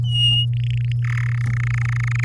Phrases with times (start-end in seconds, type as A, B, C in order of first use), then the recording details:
0.04-0.46 A, 0.53-0.92 B, 1.02-1.24 C, 1.26-2.24 D. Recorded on 11 May 2018 at 05:31. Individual llb16